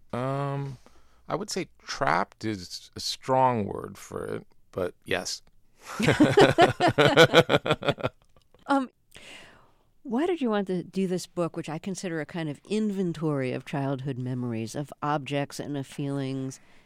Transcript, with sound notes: I would say trapped is a strong word for it but yes.
(LAUGHTER)
Why did you want to do this book, which I consider a kind of inventory of childhood memories, of objects and of feelings?